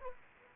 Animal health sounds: mosquito wingbeat signal from an infrared sensor; Anopheles arabiensis

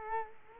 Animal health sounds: mosquito wingbeat signal from an infrared sensor; Culex quinquefasciatus

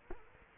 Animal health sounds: mosquito wingbeat signal from an infrared sensor; Culex quinquefasciatus

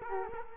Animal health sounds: mosquito wingbeat signal from an infrared sensor; Culex quinquefasciatus

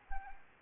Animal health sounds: mosquito wingbeat signal from an infrared sensor; Anopheles arabiensis

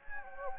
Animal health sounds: mosquito wingbeat signal from an infrared sensor; Anopheles gambiae

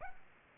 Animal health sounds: mosquito wingbeat signal from an infrared sensor; Aedes aegypti

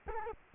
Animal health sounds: mosquito wingbeat signal from an infrared sensor; Culex quinquefasciatus

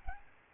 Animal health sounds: mosquito wingbeat signal from an infrared sensor; Aedes albopictus

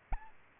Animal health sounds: mosquito wingbeat signal from an infrared sensor; Aedes aegypti

